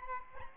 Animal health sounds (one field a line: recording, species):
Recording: mosquito wingbeat signal from an infrared sensor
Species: Aedes albopictus